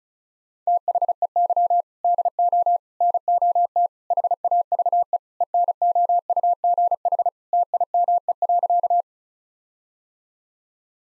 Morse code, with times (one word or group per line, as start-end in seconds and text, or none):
0.7-1.8 THEY
2.0-2.8 DO
3.0-3.9 NOT
4.1-5.2 HAVE
5.4-7.3 ENOUGH
7.5-9.0 TIME.